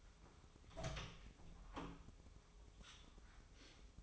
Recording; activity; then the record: daily activity, microphone in the room; open door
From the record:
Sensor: 1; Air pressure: 1004.9 hPa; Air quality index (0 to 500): 90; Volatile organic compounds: 2 ppm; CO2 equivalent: 1231 ppm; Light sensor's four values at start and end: 10/24/10/10 and 10/25/10/10